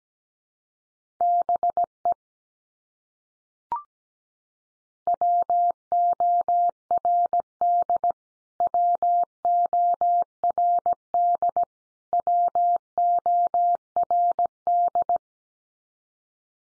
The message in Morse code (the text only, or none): BE WORD WORD WORD